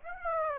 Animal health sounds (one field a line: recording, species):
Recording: mosquito wingbeat signal from an infrared sensor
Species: Aedes aegypti